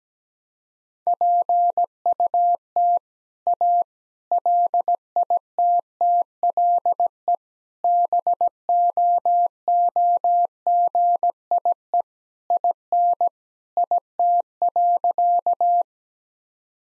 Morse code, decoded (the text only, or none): PUT A LITTLE BOOGIE IN IT.